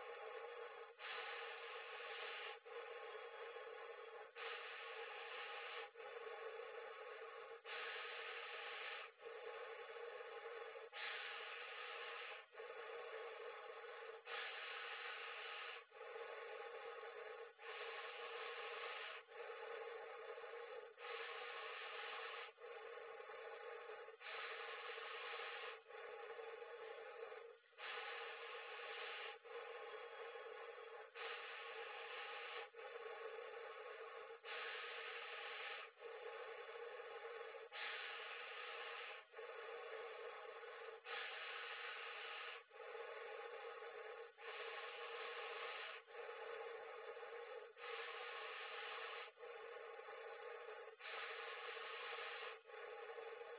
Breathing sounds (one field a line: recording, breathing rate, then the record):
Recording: paced breathing near a phone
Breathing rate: 18 breaths a minute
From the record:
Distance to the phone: 40 cm